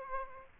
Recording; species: mosquito wingbeat signal from an infrared sensor; Aedes aegypti